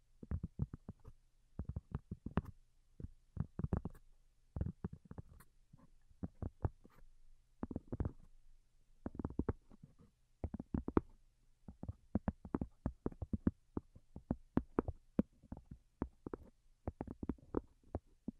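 Delicate tapping runs throughout, with short soft taps arriving in quick clusters and brief pauses between them. Each tap is a low, muted thud with a faint brighter click on top. A quiet steady low hum sits underneath.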